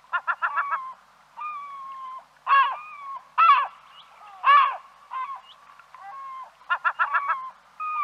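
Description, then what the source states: Bird calls, harsh grating bursts alternating with long nasal notes and short rapid rattling series. Recorded in Arizona.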